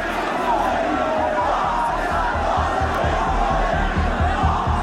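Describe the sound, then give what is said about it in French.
A huge crowd of more than 2 million people roars and shouts as Khomeini crosses Tehran, the Iranian capital, in a dense, continuous wall of voices, with steady rhythmic chanting pulses beneath the cheering throughout. “Alors, Khomeini traverse la capitale iranienne devant une foule de plus de 2 millions de personnes.”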